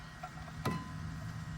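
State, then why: Torque reached. A T45 Torx bit is turned clockwise into the back of the parking-brake motor on the rear brake caliper of a 2020 Toyota Corolla to wind the metal piston back. A faint click comes at 0.2 s, then a louder, sharper click at 0.7 s over a steady low hum. The clicks mark the piston mechanism reaching full retraction, so the turning stops.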